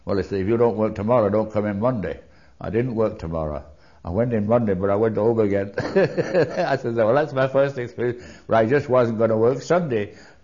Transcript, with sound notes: Well, they say, "You don't work tomorrow don't come in Monday." I didn't work tomorrow, I went in Monday, but I went over yet. ( he laughs ) I says, "Well, that's my first experience, but I just wasn't gonna work Sunday.